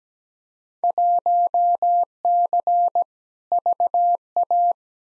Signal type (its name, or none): Morse code